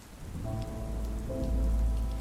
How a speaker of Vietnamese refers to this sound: Nói rồi hai chị em ôm nhau thiếp đi trong tiếng mưa rơi rã rích, vang vọng khắp không gian tối tăm.